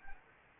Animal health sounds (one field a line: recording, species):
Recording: mosquito wingbeat signal from an infrared sensor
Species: Anopheles arabiensis